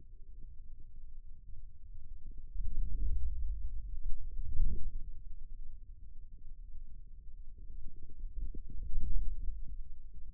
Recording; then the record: forearm muscle sounds (acoustic myography)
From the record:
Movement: outward rotation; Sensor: system 2, bracelet of six BSWA MPA416 microphones around the upper forearm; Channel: 2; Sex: male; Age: 22 years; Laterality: right